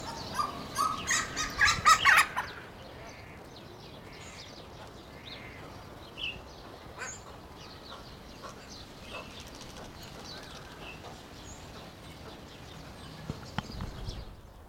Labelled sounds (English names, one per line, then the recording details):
Western Plantain-eater call
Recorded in captivity
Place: Tierpark Berlin, Berlin, DE
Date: 1992-04-04 11:25
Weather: bedeckt, 5-8°C
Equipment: Nagra SN, Mikrofon AKG CK 8, Kopie Tesla B 116
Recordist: Tembrock, Günter